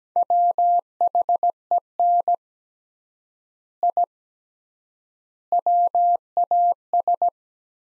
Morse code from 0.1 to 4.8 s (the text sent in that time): WHEN I